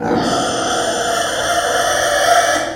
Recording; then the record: squeal of a Yucatan mini pig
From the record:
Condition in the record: before surgery on the right vocal fold (resection and tissue-engineered implant); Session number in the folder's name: 3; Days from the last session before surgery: 0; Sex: female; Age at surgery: 19 weeks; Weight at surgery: 25 kg